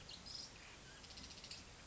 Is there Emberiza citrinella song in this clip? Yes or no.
no